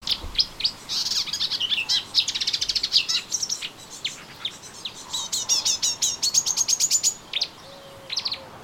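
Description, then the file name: Melodious warbler delivering a dense, hurried stream of chattering and rattling high notes, run together into long excited phrases broken by short pauses. Recorded in a garden on 25 June 2017. "Orpheusspötter 2017 06 25 Garten"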